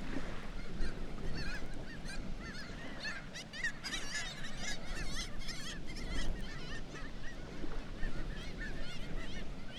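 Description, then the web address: Black-legged kittiwakes in a noisy chorus, many nasal, rising-and-falling calls overlapping continuously, with a heavy low rumble underneath. "کاکایی پاسیاه"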